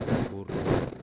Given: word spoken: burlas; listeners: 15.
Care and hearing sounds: one Spanish word in noise, from a listening test; noise modulated by one talker; -12.6 dB; 1 of 15; 8 of 15; 0.62 s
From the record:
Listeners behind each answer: 8, 5, 1, 1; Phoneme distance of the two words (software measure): 34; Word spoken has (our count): 2 syllables, 6 phonemes, stress on syllable 1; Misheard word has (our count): 2 syllables, 4 phonemes, stress on syllable 1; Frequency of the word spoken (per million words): 3.17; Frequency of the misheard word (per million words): 6.36

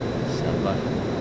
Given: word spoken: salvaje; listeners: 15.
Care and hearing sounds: one Spanish word in noise, from a listening test; speech-shaped noise; -6.4 dB; 4 of 15; 7 of 15; 0.81 s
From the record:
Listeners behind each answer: 7, 4, 1, 1, 1, 1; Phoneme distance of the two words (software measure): 17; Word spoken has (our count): 3 syllables, 7 phonemes, stress on syllable 2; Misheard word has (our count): 2 syllables, 6 phonemes, stress on syllable 2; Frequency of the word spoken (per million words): 14.80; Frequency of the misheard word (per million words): 25.66

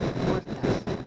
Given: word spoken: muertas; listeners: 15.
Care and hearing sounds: one Spanish word in noise, from a listening test; noise modulated by three-talker babble; -7.6 dB; 4 of 15; 9 of 15; 0.67 s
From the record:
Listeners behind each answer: 9, 4, 2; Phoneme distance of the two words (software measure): 10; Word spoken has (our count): 2 syllables, 7 phonemes, stress on syllable 1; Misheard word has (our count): 2 syllables, 7 phonemes, stress on syllable 1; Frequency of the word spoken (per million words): 8.93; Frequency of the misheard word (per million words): 65.40

